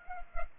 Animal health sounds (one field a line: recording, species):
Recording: mosquito wingbeat signal from an infrared sensor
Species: Culex pipiens